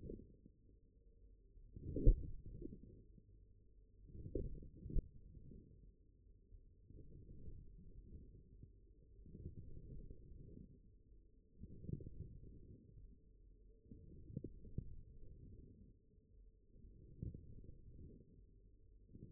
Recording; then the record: forearm muscle sounds (acoustic myography)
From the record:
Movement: forearm pronation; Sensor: system 1, eight BSWA MPA416 microphones around the upper forearm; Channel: 5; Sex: male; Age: 42 years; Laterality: right